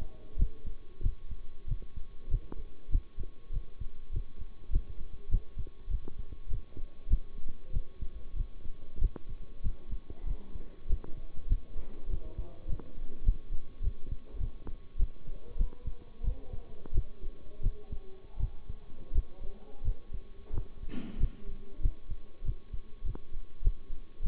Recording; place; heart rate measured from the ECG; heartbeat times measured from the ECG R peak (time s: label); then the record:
heart sounds by stethoscope; between the tricuspid and mitral areas; 96 bpm
0.37 s: heartbeat
1.02 s: heartbeat
1.66 s: heartbeat
2.29 s: heartbeat
2.90 s: heartbeat
3.51 s: heartbeat
4.11 s: heartbeat
4.71 s: heartbeat
5.29 s: heartbeat
5.89 s: heartbeat
6.48 s: heartbeat
7.08 s: heartbeat
7.72 s: heartbeat
8.35 s: heartbeat
8.99 s: heartbeat
9.62 s: heartbeat
10.25 s: heartbeat
10.87 s: heartbeat
11.48 s: heartbeat
12.08 s: heartbeat
12.67 s: heartbeat
13.24 s: heartbeat
13.82 s: heartbeat
14.38 s: heartbeat
14.97 s: heartbeat
15.57 s: heartbeat
16.22 s: heartbeat
16.92 s: heartbeat
17.61 s: heartbeat
18.38 s: heartbeat
19.13 s: heartbeat
19.83 s: heartbeat
20.52 s: heartbeat
21.18 s: heartbeat
21.81 s: heartbeat
22.43 s: heartbeat
23.04 s: heartbeat
23.62 s: heartbeat
24.22 s: heartbeat
From the record:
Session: bicycle stress test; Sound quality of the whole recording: good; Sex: male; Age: 23 years